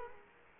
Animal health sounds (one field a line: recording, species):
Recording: mosquito wingbeat signal from an infrared sensor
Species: Culex quinquefasciatus